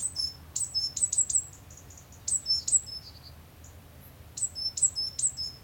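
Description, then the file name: Great tit calls: rapid groups of high, sharp chirps and thin tinkling notes, coming in several bursts over a few seconds against a low steady hum. "Parus major"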